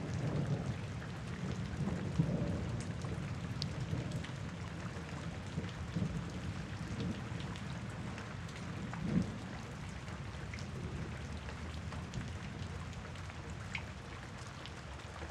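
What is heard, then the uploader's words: Rain falls steadily throughout, a dense, even hiss with scattered brighter drop ticks. A low rumble sits underneath the whole time, swelling slightly near the start and again around nine seconds, where a short louder thump stands out. Scary rain ambience.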